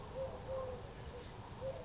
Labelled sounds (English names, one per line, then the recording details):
Eurasian Collared Dove
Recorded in Sonoma County, California